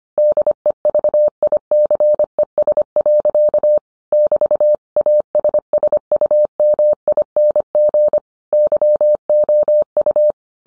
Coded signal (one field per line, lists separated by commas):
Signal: Morse code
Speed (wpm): 25 wpm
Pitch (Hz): 600 Hz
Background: none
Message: DEVICES. <BT>ASSUMING YOU